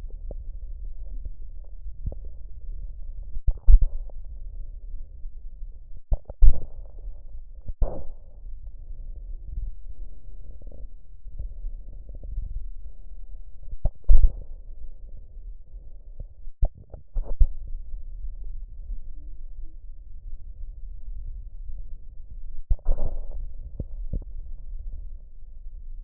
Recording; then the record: lung sounds by stethoscope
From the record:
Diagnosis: emphysema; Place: left posterior upper chest